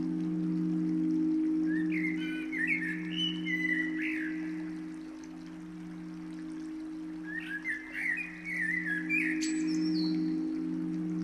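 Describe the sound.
Bird song: two warbling whistled phrases, one near the start and one near the end, over a loud steady low hum.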